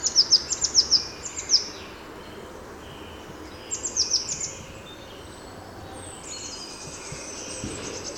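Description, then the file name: Eurasian blue tit calls: two short bursts of high, thin, down-slurred notes, one at the start and one near four seconds, against constant noise with other faint high calls. "Cyanistes caeruleus"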